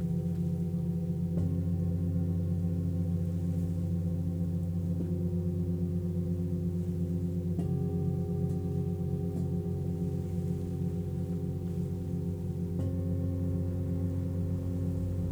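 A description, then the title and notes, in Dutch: Singing bowls ring in a steady, overlapping drone of low and mid tones with a slow beating wobble. New strikes land about every few seconds, near 1, 5, 7.5 and 13 seconds, each shifting the blend of pitches while the level stays even throughout. Klankschalen.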